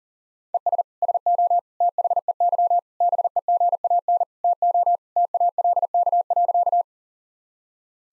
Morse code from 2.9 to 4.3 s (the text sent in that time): BEGAN